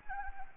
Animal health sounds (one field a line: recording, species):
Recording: mosquito wingbeat signal from an infrared sensor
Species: Anopheles gambiae